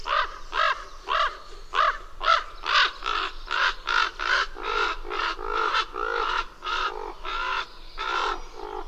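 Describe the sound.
Bird giving a long run of harsh, nasal cawing notes, about two per second.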